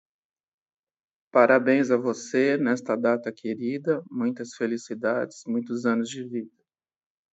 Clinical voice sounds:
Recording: short text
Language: Brazilian Portuguese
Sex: male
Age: 40 to 49 years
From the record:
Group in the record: control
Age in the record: 49 years

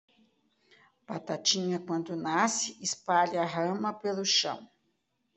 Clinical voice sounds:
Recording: short text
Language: Brazilian Portuguese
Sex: female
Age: 50 to 59 years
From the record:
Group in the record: control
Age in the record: 55 years

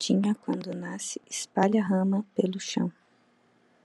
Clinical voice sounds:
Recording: short text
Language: Brazilian Portuguese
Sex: female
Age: 20 to 29 years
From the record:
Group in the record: control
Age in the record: 26 years

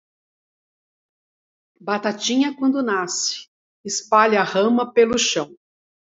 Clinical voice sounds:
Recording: short text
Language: Brazilian Portuguese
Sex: female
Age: 60 to 69 years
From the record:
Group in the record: control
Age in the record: 62 years

